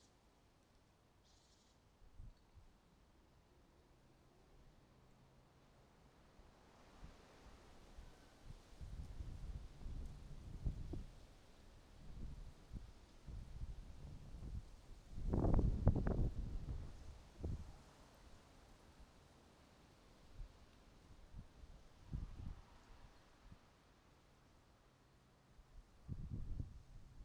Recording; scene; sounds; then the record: everyday scene through a hearing-aid microphone; wind on the microphone; wind, traffic, birds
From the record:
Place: suburban garden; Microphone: in the ear canal, right